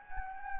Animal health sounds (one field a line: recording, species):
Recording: mosquito wingbeat signal from an infrared sensor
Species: Anopheles gambiae